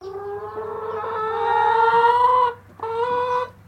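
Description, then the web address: Chicken hen giving a long, drawn-out nasal cluck that rises slightly in pitch over about two and a half seconds, then a shorter similar note after a brief pause. Highliner Brown hen, long cluck. "Sound Effects-Foundation 1 BIRD CHICKEN HIGHLINER BROWN CLUCK LONG"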